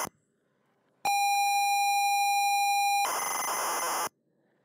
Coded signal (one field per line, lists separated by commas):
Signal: ZX Spectrum tape loading